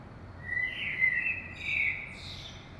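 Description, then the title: Common blackbird song: a smooth, mellow whistled phrase in two swells, closing with a soft high twitter. Saint-Gilles, Belgium; early morning; recorded with DPA 2006c microphones in AB stereo into a Zoom F3. "Saint-Gilles, Belgique - Blackbird - Merle"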